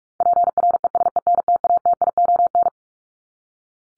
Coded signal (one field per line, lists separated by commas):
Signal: Morse code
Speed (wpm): 44 wpm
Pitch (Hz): 700 Hz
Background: none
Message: PRESENTATION